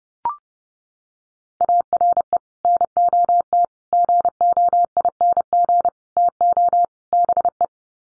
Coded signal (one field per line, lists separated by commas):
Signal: Morse code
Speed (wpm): 30 wpm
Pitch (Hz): 700 Hz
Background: none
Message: ARE NOT GOING TO BE